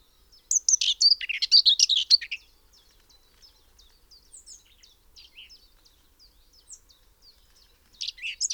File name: Grasmus Sylvia communis